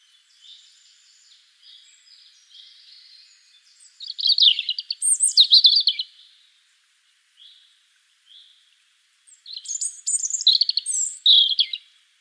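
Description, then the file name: European robin song: faint thin notes at first, then two loud bursts of rapid high trills and liquid twitters separated by a pause with soft scattered notes. "Erithacus rubecula"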